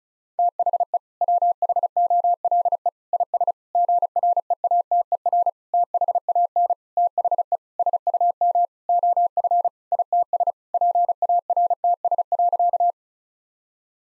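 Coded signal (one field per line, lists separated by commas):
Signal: Morse code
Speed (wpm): 36 wpm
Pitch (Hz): 700 Hz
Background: none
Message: THE WHOLE IS GREATER THAN THE SUM OF ITS PARTS.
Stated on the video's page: Morse code practice sentences of common six-word phrases sent at 35 wpm, for head-copy training.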